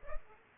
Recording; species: mosquito wingbeat signal from an infrared sensor; Culex pipiens